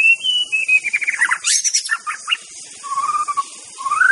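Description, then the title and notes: White-rumped shama song, a continuous run of varied whistles, fast trills and sharp high notes, ending with lower slurred whistles, over a constant high hiss. Song used as a lure for trapping birds (pikat). "MB Pikat Jitu.. Suara Mantap. murai batu"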